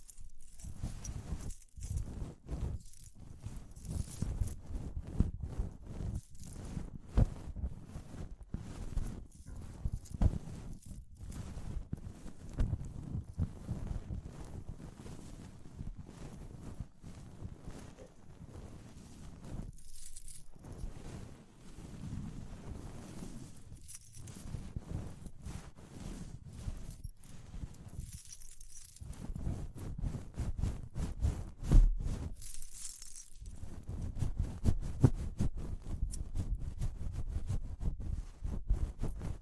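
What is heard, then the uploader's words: Dense tapping and scratching on a microphone, the kind used for ear-cleaning sounds, runs almost without a break, with a muffled low rumble underneath. Short bright jingling flurries appear around 20, 29 and 33 seconds, between brief quieter pauses. ASMR Relaxing Tapping, Scratching, Ear Cleaning with Jingling Sounds (No Talking).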